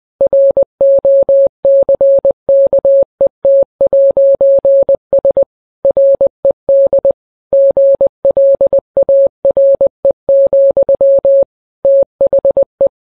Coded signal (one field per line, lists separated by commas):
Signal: Morse code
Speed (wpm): 20 wpm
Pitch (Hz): 550 Hz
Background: none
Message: ROCKET'S RED GLARE, THE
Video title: The U.S. National Anthem, but it’s Morse Code.